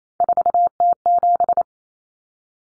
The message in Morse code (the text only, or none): 4T7